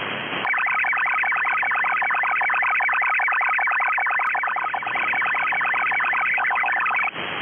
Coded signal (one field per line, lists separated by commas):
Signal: SSTV (slow-scan television)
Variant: PD 50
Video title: 13490 KHz USB - Chilean Navy